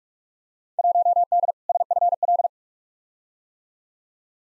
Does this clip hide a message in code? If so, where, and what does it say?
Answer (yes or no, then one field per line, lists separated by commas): yes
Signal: Morse code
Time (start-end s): 0.8-2.5 s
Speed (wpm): 42 wpm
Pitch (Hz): 700 Hz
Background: none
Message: 1D SFL